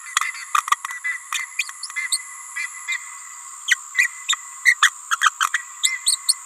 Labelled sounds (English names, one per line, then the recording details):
Green-rumped Parrotlet babbling
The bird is a female
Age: 28 days
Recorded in a nest box in Venezuela
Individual 17B31A3